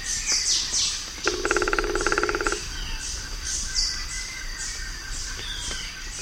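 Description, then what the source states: Rufous-winged woodpecker giving a fast, even rattle lasting just over a second, over a steady background chorus of high, repeated, falling notes. South America.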